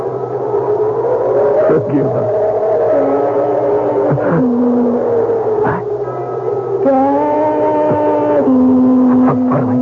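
A car engine runs steadily and loud throughout, its humming tone rising and dropping in pitch a few times as it revs, with no voices over it.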